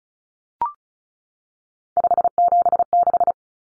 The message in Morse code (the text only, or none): 576